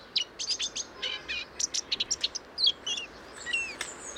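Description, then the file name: Eurasian blackcap twittering: a quick series of clipped high notes, then a few drawn-out whistled slurs near the close. "Sylvia atricapilla"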